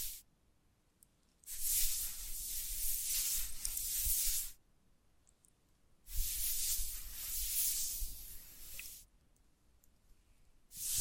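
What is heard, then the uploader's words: Soft, bright scratching and tracing strokes come in long hissy sweeps of about three seconds, separated by near-silent pauses, with another starting at the end. Invisible Tapping, Scratching, Tracing.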